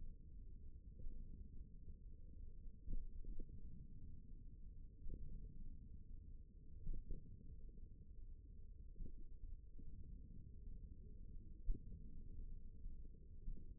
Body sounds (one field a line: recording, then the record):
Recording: forearm muscle sounds (acoustic myography)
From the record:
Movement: hand opening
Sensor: system 1, eight BSWA MPA416 microphones around the upper forearm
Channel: 4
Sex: male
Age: 54 years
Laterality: right